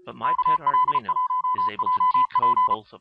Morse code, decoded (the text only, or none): KL1JP